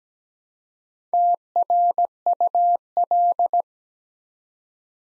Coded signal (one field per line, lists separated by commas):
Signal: Morse code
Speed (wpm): 17 wpm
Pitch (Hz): 700 Hz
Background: none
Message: TRUL